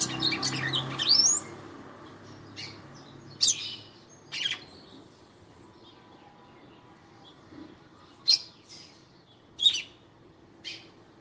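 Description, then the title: Red-cowled cardinal song: a burst of high twittering notes at the start, then several sharp chirps at irregular intervals, with faint low hum. Fiery female singing to the male. "Canto Galo Campina Fêmea. FÊMEA DE GALO DE CAMPINA FOGOSA CANTANDO PRO MACHO"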